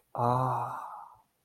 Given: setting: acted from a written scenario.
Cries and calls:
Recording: vocal sound without words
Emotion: awe

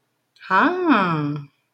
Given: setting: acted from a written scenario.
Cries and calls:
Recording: vocal sound without words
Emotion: interest

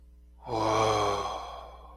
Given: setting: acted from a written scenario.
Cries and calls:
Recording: vocal sound without words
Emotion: awe

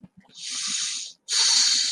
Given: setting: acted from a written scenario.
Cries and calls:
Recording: vocal sound without words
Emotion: serenity

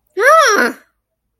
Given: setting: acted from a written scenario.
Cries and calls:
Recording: vocal sound without words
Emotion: pain

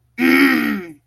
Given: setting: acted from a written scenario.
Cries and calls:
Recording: vocal sound without words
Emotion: anger

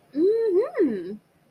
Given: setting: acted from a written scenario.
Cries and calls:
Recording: vocal sound without words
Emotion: interest

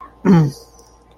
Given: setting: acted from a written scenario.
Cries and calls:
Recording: vocal sound without words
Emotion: contempt

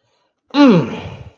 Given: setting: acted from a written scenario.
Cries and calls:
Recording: vocal sound without words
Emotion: shame

